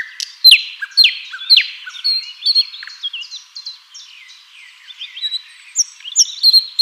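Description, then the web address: Common nightingale song: loud, sharp descending whistled notes and chirps in quick, irregular succession, with fainter overlapping high twitters later. "pub SETE data Luscinia megarhynchos"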